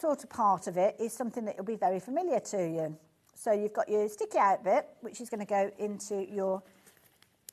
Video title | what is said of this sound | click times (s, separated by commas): Sewing Street LIVE | your any bit so there you go you can hear that good solid click | 7.5 s